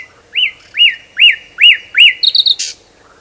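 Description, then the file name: Common nightingale song phrase: five loud rising-falling whistled notes about every half second, followed by a quick trill and a harsh burst. "Luscinia megarhynchos"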